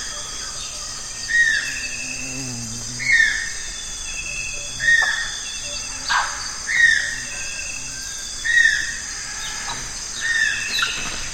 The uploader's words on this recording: Nightfall on the Zabalo. Today we’re visiting the Zabalo River in Ecuador.